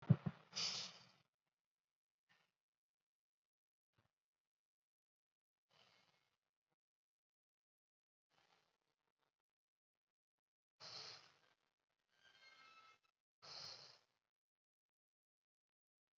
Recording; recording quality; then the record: deep breathing; excellent, no background noise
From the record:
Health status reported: COVID-19 positive, mild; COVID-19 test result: positive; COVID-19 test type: RT-PCR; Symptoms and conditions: cough, cold, breathing difficulty, fever, fatigue, muscle pain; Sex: female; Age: 20 years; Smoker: no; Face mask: worn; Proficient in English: yes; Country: India